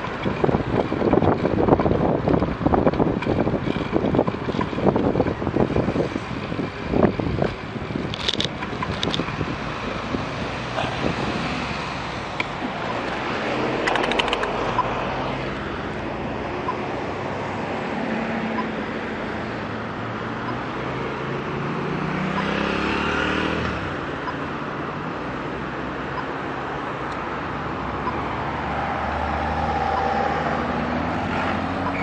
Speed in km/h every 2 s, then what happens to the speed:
21, 23, 19, 17, 12, 0, 0, 0, 0, 0, 0, 0, 0, 0, 0, 0.
0-5 steady at about 21. 5-11 slows to 0. 11-32 standing.